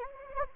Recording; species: mosquito wingbeat signal from an infrared sensor; Anopheles gambiae